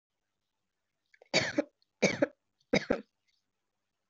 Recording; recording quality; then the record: shallow voluntary cough; excellent, no background noise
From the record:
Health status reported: exposed to COVID-19, no respiratory illness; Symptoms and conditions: none ticked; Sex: female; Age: 28 years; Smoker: not ticked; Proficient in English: no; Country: India